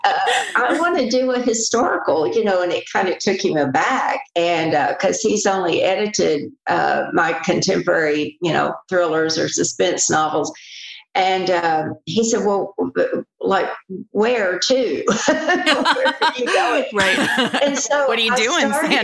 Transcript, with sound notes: I want to do a historical, you know, and it kind of took him aback, and because he's only edited my contemporary, thrillers or suspense novels, and he said, "Well, like where to?" (laughter) "Where are you going?"
What are you doing, Sandra?